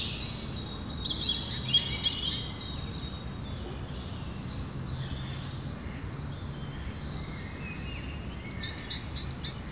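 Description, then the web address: Birds singing in a mixed chorus of high chirps and thin whistled phrases over a steady low rumbling background. Recorded in the evening. "Effects 02-Birds, Insects Animals. Birds evening"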